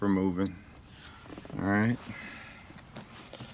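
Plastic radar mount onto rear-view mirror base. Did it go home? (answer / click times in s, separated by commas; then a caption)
no / none. A plastic radar mount piece for a C6 Corvette radar install is handled at the rear-view mirror base bracket while someone talks. Faint handling noises follow, with small sharp ticks at about 3.0 s and 3.4 s. Nothing has seated or clicked yet; the mount piece is not yet home on the bracket.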